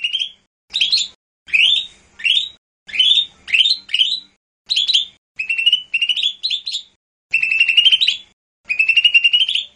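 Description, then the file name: Lesser green leafbird song: long series of rising slurred whistles giving way to steady buzzy trilled phrases, each lasting under a second. "audio-cucak-hijau-mini-1-omkicau"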